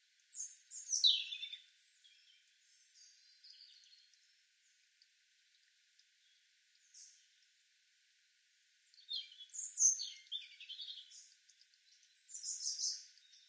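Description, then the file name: European robin song: high, tinkling, varied phrases at the start and again near the end, quiet in between. "Erithacus rubecula"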